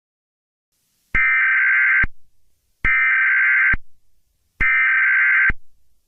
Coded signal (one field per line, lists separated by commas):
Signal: Emergency Alert System (SAME) tones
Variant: header bursts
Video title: EAS Scenario 15: SpongeBob.EXE